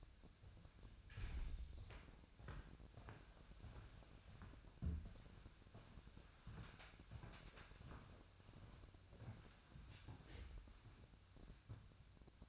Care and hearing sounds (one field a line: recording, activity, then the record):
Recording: daily activity, microphone in the room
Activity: walk to room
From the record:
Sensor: 2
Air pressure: 999.8 hPa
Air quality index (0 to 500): 122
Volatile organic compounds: 2 ppm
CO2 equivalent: 1050 ppm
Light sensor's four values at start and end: 31/73/32/36 and 30/70/31/35